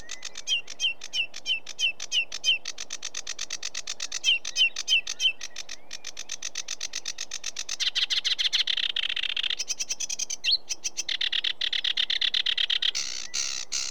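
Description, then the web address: Sedge warbler delivering a long, varied song: repeated ticking notes with short whistles, then dense scratchy chatter, churring runs and a quick whistled flourish. "BBC Sound Effects Library. Sedge Warbler"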